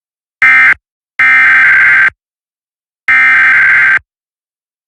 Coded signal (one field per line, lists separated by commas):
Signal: Emergency Alert System (SAME) tones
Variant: header bursts